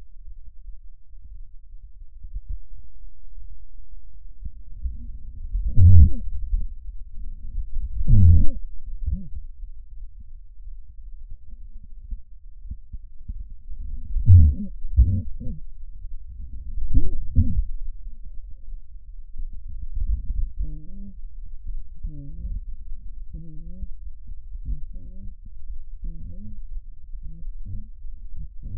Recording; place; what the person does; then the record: lung sounds by stethoscope; left anterior apical chest; quiet breathing, then cough and speech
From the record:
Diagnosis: COPD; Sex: female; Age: 68 years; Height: 150 cm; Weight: 70 kg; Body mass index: 31.1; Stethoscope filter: bell mode